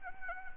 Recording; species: mosquito wingbeat signal from an infrared sensor; Anopheles arabiensis